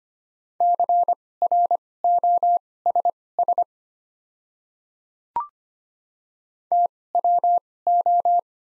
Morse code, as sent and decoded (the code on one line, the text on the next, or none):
-.-. .-. --- ... ... / - .-- ---
CROSS TWO